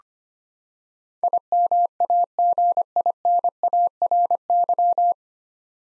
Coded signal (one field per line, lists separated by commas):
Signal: Morse code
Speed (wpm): 25 wpm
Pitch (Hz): 700 Hz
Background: none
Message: IMAGINARY